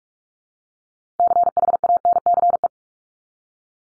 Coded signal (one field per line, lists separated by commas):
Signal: Morse code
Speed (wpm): 44 wpm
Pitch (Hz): 700 Hz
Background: none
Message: CHANCE